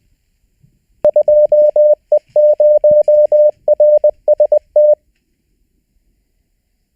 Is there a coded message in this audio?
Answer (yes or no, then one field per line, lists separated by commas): yes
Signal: Morse code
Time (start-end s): 1.0-4.9 s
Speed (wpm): 20 wpm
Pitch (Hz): 600 Hz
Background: none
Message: 2E0RST